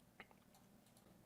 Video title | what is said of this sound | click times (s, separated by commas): GeeeTech M1: TUTORIAL: Unbox, Setup, Config Test Print - Mini 3D Printer | This is what the 1 kilogram spool holder looks like. It will click into place the same way the included one does. | 0.2 s